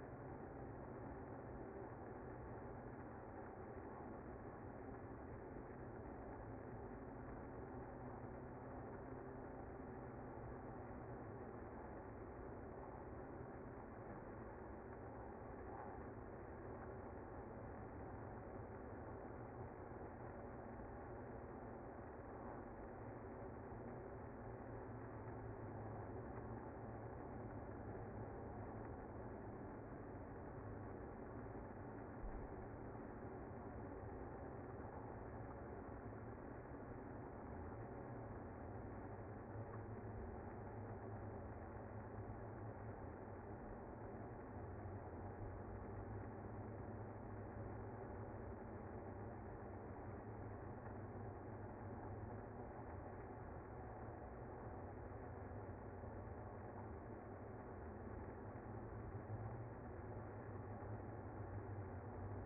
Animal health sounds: honeybee colony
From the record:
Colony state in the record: active

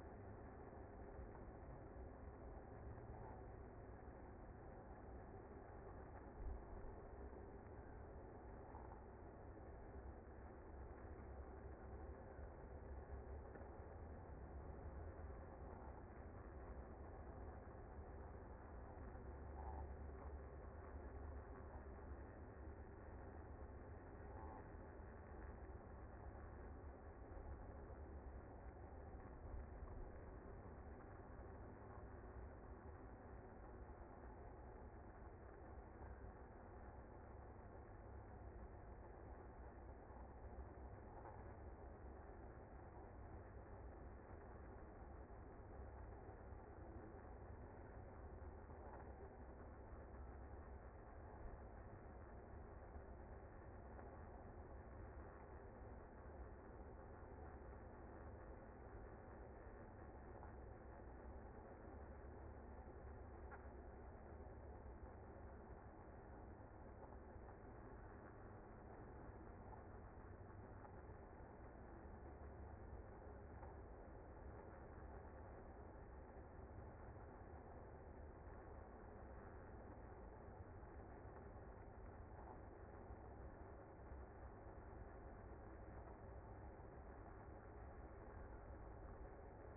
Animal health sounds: honeybee colony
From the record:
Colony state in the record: active

